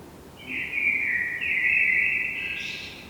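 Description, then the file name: Eurasian blackbird giving a single long, mellow fluted phrase that wavers slightly and ends in a thin, high squeaky twitter. "Turdus merula"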